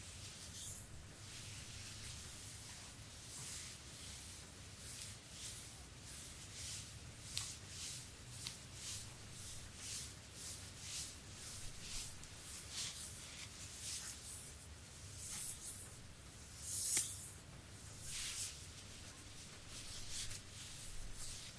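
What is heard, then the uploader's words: A back massage with lotion: hands rub and slide over skin in quick, regular strokes, each one a bright, wet hiss, roughly one or two per second. A louder slick stroke stands out near seventeen seconds, over a steady low rumble. ASMR Relaxing Sport Back Massage with lotion by Anna.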